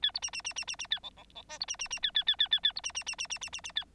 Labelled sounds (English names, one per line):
Bengalese Finch song